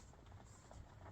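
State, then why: Not seated. A sunshade's clip on a grooved metal rail is handled against its headliner mount in a 2009 Honda CR-V, with the rail's open side being turned toward the headliner. Low, steady background noise carries two brief handling sounds near 0.4 s and 0.7 s. Nothing has seated or clicked yet.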